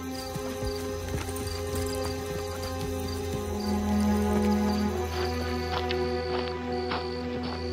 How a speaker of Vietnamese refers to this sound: Đây không phải là một căn lều, mà nó là một chuồng ngựa. Một nơi tốt để nghỉ ngơi trong đêm nay. Nhìn này, có rất nhiều nước và thức ăn cho ngựa nữa ạ.